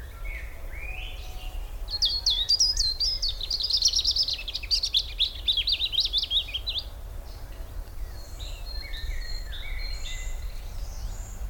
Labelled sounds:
European Robin (Erithacus rubecula)

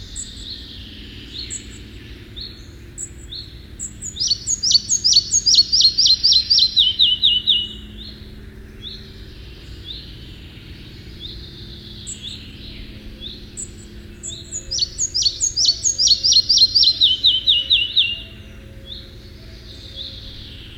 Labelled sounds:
Red-breasted Flycatcher (Ficedula parva) song

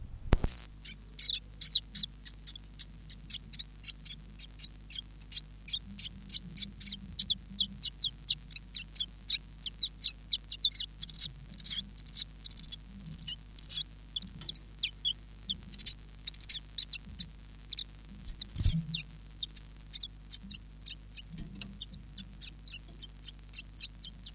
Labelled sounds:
Common Chiffchaff (Phylloscopus collybita)

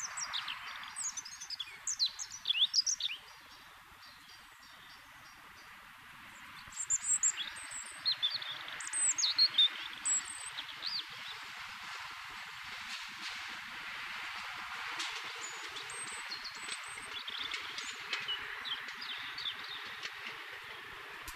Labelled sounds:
European Robin (Erithacus rubecula) song

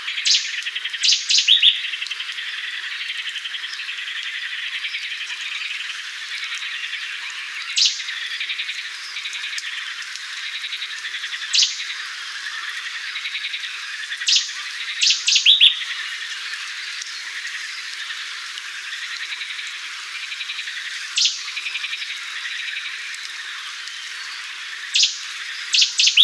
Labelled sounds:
Cetti's Warbler (Cettia cetti) song

